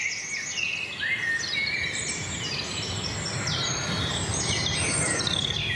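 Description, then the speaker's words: European robin song: thin, high, rapidly varied whistled phrases tumbling over one another, over a steady low background hiss. Dawn chorus on the Veluwe, during a walk; robins still dominate the chorus. "Ja, het meeste wat je nu hoort, dat is roodborst."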